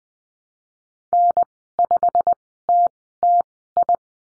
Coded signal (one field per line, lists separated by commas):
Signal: Morse code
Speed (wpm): 20 wpm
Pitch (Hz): 700 Hz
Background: none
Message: N5TTI